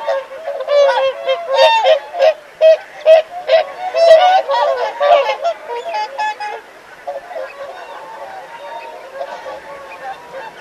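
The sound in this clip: Whooper swans bugling, a series of loud trumpet-like honks for about six seconds, then softer, scattered calls.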